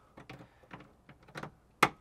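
A concealed hinge on an under-sink cabinet door is pushed front-first under the pins of its mounting plate. A few soft scraping and rattling sounds come before a sharp, loud click at 1.8 s as it snaps on. The hinge is seated on the plate.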